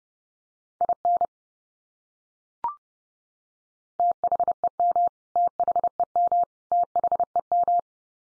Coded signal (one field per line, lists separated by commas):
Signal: Morse code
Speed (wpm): 30 wpm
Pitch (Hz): 700 Hz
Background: none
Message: IN THEM THEM THEM